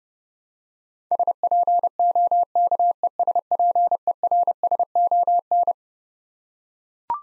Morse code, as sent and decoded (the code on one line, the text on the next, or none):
... .--. --- -.- . ... .--. . .-. ... --- -.
SPOKESPERSON